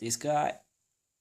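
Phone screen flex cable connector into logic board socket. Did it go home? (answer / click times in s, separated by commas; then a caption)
no / none. An iPhone 4S screen flex cable connector is being handled above its logic board socket during reassembly after a screen replacement. Someone talks briefly for about the first 0.6 seconds, followed by silence. The connector has not seated or clicked yet.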